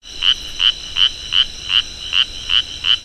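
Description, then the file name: Spotted chorus frog calling: a series of eight short, rasping pulsed notes, evenly repeated about three times per second. "pclarkii"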